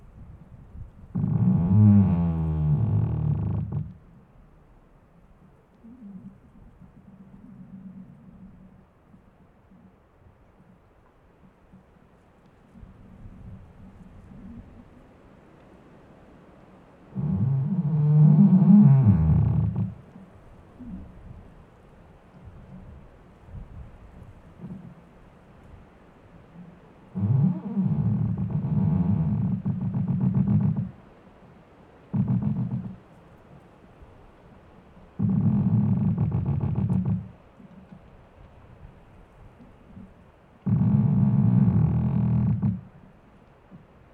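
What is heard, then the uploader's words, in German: A squeaking tree groans in loud, low creaks that each last two to four seconds, with pitch wavering and sliding in the first two. About six creaks come at irregular gaps, most of them in the second half. Between them a faint, low murmur continues. Ein Ohr an einem quietschenden Baum.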